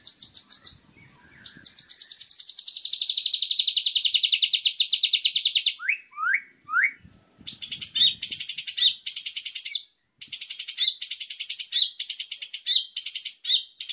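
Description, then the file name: White-rumped shama song: a long trill falling in pitch, a few sharp rising whistles, then repeated bursts of rapid chattering notes. Masteran song, a training recording used to teach birds to sing. "suara masteran murai batu"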